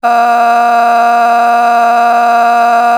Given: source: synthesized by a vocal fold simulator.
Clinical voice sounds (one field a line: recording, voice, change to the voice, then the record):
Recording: sustained vowel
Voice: female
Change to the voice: a random mix of aspiration noise, stiffness perturbation and strain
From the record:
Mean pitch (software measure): 236 Hz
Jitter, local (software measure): 1.19%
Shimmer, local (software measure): 7.9%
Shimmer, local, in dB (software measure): 0.69 dB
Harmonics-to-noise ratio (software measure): 16.5 dB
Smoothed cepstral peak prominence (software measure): 15.0 dB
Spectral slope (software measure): -17.9 dB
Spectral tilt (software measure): -8.9 dB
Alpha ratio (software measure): -8.4 dB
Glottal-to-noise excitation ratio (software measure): 0.899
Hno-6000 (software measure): 1.9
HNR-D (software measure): 37.7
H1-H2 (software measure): -2.9 dB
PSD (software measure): 5.8e-05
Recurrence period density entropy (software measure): 0.115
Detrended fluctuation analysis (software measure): 0.0113